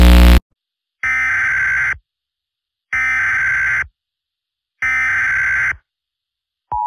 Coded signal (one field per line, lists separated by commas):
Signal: Emergency Alert System (SAME) tones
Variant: header bursts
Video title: EAS Scenario: Late 4th of July Day Special: Independence Day Nightmare